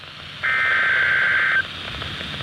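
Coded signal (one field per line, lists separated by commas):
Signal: Emergency Alert System (SAME) tones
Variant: header bursts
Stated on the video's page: EAS Severe Thunderstorm Warning received on NOAA weather radio station KEC55.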